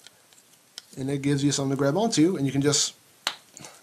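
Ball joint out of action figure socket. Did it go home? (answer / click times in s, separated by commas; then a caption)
released / 3.3 s. A small tool is used to get a grip on a plastic ball joint in an action figure's socket while someone talks. Near the end, the ball joint pops out of the socket with a sharp snap at 3.3 seconds, releasing it.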